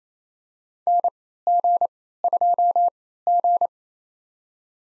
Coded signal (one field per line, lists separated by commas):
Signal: Morse code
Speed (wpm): 27 wpm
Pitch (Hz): 700 Hz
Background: none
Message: NG2G